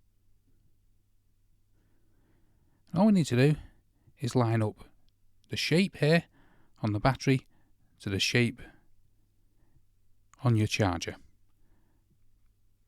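An 18V Ryobi One+ string trimmer battery pack is lined up with the matching shape on its plastic charger cradle while someone talks in short bursts over a faint low hum. The battery is not yet pushed home, so nothing has seated or clicked yet.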